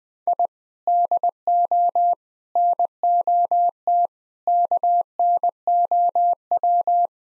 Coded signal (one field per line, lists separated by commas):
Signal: Morse code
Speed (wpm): 20 wpm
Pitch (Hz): 700 Hz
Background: none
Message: I DO NOT KNOW